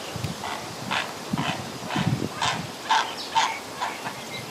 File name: Goliath heron